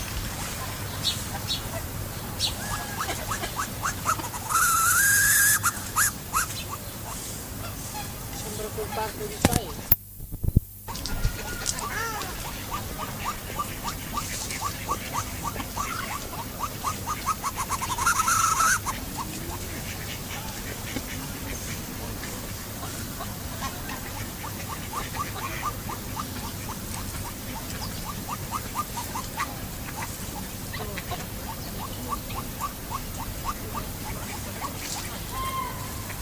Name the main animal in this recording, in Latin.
Chloephaga melanoptera